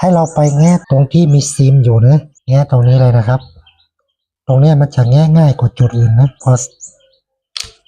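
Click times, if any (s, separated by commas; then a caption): 7.6 s. Someone talks while prying the plastic back cover off a Realme C12 smartphone near the SIM tray, during a battery replacement. A sharp click at 7.6 s is the cover's plastic clips snapping loose and releasing from the phone body.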